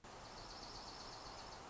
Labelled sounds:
Dark-eyed Junco
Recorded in Sonoma County, California

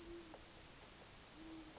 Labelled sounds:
Great Horned Owl
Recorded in Sonoma County, California

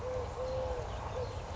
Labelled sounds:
Eurasian Collared Dove
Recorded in Sonoma County, California

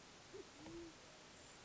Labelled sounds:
Band-tailed Pigeon
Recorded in Sonoma County, California

